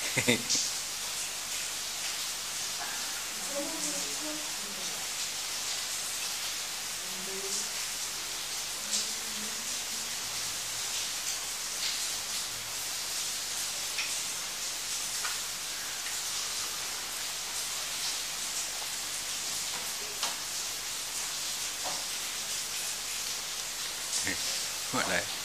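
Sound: heavy rain falling outside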